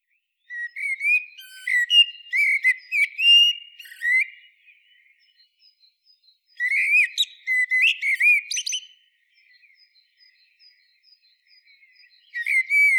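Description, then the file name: Common blackbird singing two long phrases of fluty whistles broken by squeaky high twitters, a few seconds apart, with a third phrase just starting at the end. "Turdus merula"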